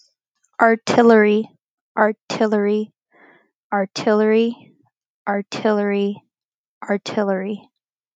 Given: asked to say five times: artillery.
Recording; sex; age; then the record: repeated word; female; 20 to 29 years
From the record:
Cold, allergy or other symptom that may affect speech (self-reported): yes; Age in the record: 26 years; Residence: Florida, United States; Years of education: 16